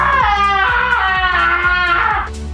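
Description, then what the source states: Alpaca's long, harmonic, wavering wail holds steady for about two seconds before fading, with a regular musical beat ticking underneath. Played back on the radio as a quiz sound.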